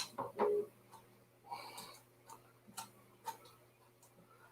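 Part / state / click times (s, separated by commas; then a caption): t-nut in aluminium extrusion slot / not seated / none. A screw is driven into a t-nut in a 2020 aluminium extrusion slot, but the t-nut fails to catch and spins instead of tightening. There are louder scraping and rattling bursts in the first 0.6 s, then a noisier stretch around 1.5–1.9 s and a series of faint, sharp ticks near 2.3, 2.8, 3.3 and 4.0 s over a steady low hum. Nothing has seated or clicked yet.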